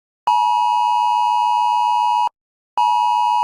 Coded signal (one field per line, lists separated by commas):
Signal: Emergency Alert System (SAME) tones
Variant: 853 and 960 Hz attention tone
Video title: Eas Alarms:USA